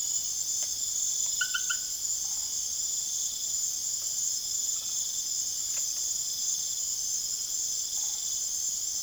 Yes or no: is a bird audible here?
no